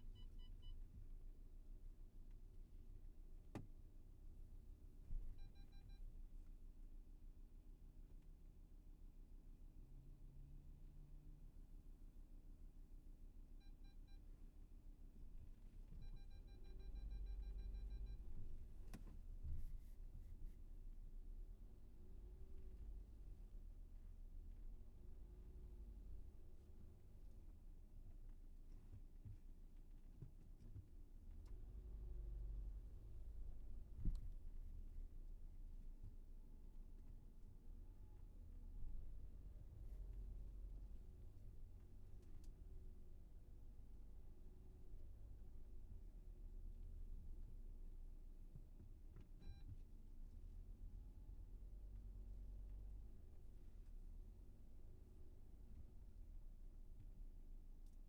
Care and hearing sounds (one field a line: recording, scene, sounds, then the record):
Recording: everyday scene through a hearing-aid microphone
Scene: in a vehicle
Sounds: engine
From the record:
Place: VW T5 Caravelle, diesel engine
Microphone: behind the ear, left, front